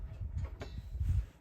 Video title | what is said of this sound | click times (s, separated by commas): Winnerwell Iron Stove No 10, cooking on this Traditional style Stove and Huge Discount Offer | o-ring lid that goes on that and it snaps in place | 0.6 s